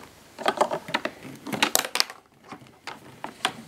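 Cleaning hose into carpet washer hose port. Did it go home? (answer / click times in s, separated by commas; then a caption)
no / none. The cleaning hose of a Vax Rapide Ultra 2 W90-RU-P carpet washer is being lined up in the lifted hose port, to be turned until it twist-locks. Short taps and rattles of handling are heard, with sharper knocks near 1.6, 1.8, 2.0 and 3.5 seconds. Nothing has seated or clicked yet.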